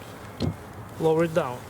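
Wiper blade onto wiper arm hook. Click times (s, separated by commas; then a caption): 0.4 s. A new driver-side wiper blade on a 2020–2025 Nissan Sentra is hooked onto the wiper arm and slid up until it snaps into place with a short click at 0.4 s. Someone talks afterward. The blade is seated on the arm hook.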